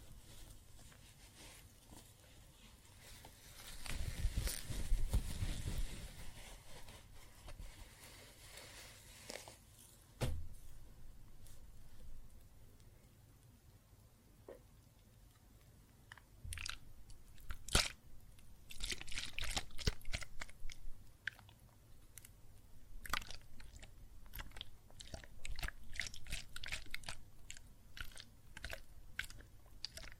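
Soapy water and foam fizz and crackle in fine, dense bursts of tiny popping bubbles. A louder sloshing swell comes around four to six seconds, then scattered sharp crackles and pops arrive irregularly from about sixteen seconds to the end over a soft, steady hiss.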